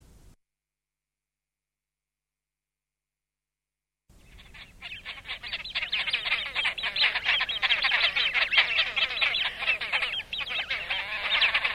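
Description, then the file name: Great crested grebe giving harsh, rapid rattling calls that begin after a few seconds of silence and build into a dense, continuous grating chatter. "De Fuut"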